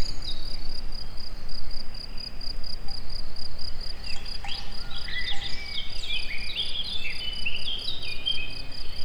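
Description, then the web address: Cricket song: a constant high, evenly pulsed trill, joined midway by a burst of bright bird twittering. Outdoors in nature near the Egér tourist house. "allathangok termeszetben rovarok tobbfelerovar tucsokis egerturistahaz"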